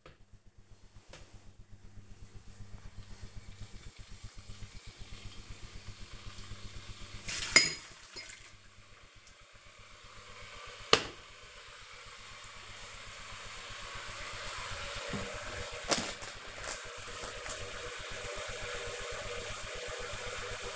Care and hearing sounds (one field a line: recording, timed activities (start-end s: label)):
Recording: household activities, microphone on the right wrist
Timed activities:
0.00-20.76 s: making tea